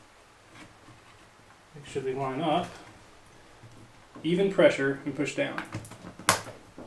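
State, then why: Seated. A DDR3 memory stick is lined up and pushed down with even pressure into a motherboard DIMM slot while someone talks. The retention clips snap shut with a sharp click at 6.3 s, and the module is seated.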